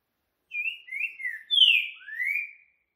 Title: TRINCA Piando, Cantando E Macheando Na DISPUTA. CANTO RARO!! TRINCA FERRO CURRICUTIL BOI BOCA MOLE!